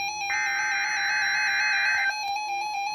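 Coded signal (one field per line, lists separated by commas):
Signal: Emergency Alert System (SAME) tones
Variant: header bursts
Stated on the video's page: Required Weekly Test.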